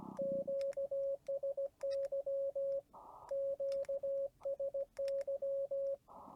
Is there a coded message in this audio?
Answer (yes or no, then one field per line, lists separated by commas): yes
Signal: Morse code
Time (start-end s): 0.2-5.9 s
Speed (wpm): 17 wpm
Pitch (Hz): 550 Hz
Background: radio noise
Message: QSY QSY